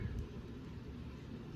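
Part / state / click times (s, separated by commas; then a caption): quick-release strap end into watch case lugs / not seated / none. A quick-release strap end is lined up by finger with the case lugs of a Tag Heuer Night Diver watch, tool-less, before being pressed home. Only a steady low rumble of background noise is heard, with no sharp transients. The strap has not seated or clicked yet.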